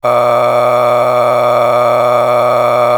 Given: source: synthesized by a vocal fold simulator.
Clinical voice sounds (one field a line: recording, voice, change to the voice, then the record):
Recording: sustained vowel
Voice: male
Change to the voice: a random mix of aspiration noise, stiffness perturbation and strain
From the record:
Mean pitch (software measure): 121 Hz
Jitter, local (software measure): 3.06%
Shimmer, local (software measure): 11.2%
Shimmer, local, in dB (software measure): 1.00 dB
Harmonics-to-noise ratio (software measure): 8.6 dB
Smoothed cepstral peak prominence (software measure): 12.4 dB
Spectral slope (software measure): -15.3 dB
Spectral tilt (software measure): -10.2 dB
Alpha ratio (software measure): -5.7 dB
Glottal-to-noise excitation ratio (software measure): 0.907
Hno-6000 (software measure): 2.0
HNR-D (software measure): 21.9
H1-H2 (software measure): 2.5 dB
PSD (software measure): 2.5e-04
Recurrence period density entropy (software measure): 0.122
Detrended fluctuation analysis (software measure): 0.0351